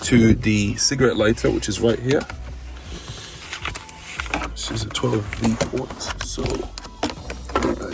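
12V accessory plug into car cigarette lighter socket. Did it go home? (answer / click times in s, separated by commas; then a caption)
yes / 7.0 s. Someone talks while plugging the 12 V plug of an LED colour-changing light kit into the cigarette lighter socket of a Ford KA Mk2, testing it before hardwiring. Short fumbling knocks are heard around 3.5–4.3 s as the plug is worked in. A sharp hit at 7.0 s marks the plug seating in the socket.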